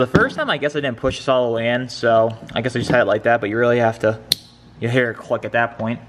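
While bench flashing an L5P, a flashing wiring harness connector is being pushed back onto the engine control module after it was not pushed in all the way the first time. Someone talks throughout, with a brief sharp tick near 4.3 s. The connector has not seated or clicked yet.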